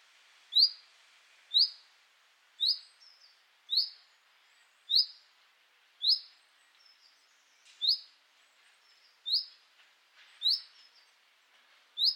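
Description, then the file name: Common chaffinch repeating a short, sharp, high-pitched call in a long series, with softer, fainter chirps between them. "Fringilla coelebs"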